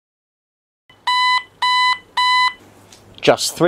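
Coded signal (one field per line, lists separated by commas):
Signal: none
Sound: 555 oscillator test beeps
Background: speech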